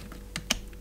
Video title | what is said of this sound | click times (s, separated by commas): Nexx XD1 Helmet Review | for example here's just a plain replacement piece if you want to wear it without the visor this will just snap into place | 0.4 s, 0.5 s